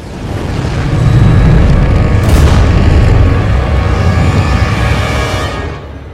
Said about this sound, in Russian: Сэм и Баки смотрят, как десантные челноки падают на планету и взрываются, врезавшись в невидимое силовое поле над Вакандой.